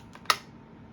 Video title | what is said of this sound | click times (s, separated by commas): BEST Sam's Club Vacuum - Dyson Ball Total Clean/Multi-Floor/Animal (UP13) In-Depth Vacuum Review | do you hear that now the base is properly engaged | 0.1 s, 0.3 s